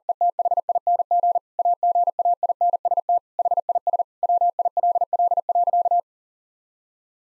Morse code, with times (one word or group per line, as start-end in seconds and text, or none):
0.1-1.4 ETHING
1.6-3.2 AGAINST
3.4-4.0 HIS
4.2-6.0 WILL.